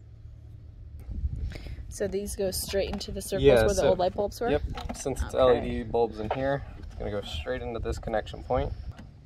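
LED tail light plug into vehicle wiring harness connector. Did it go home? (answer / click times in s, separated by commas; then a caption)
no / none. Someone talks while handling an Alpha Rex PRO Series LED tail light for a 2009–2014 Ford F150, lining its wiring plug up to push straight into the truck's harness connection point where the old bulb sockets were, since the light uses LED bulbs. A few faint handling knocks sound under the talking, but the plug has not seated or clicked in yet.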